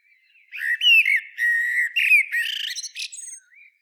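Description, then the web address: Common blackbird song: a mellow fluted warble of low whistled notes, sliding and rising, closing with a brief high squeaky twitter. "SETE data Turdus merula"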